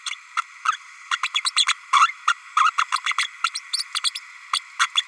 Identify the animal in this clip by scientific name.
Forpus passerinus